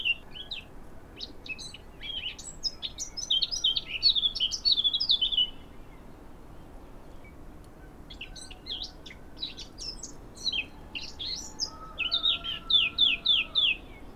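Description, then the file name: Eurasian blackcap giving two bursts of hurried, scratchy warbling song separated by a quiet pause, the second ending in a string of repeated notes. "Sylvia atricapilla"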